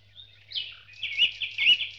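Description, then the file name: Birds singing, a high warbling phrase followed by a run of bright repeated chirps, with a faint steady low hum underneath. Dawn chorus of birds. "Spectacular Sound Effects - Birds Dawn Chorus"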